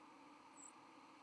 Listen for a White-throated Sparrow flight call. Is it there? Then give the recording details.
yes. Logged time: 08:17 on 31 October 2014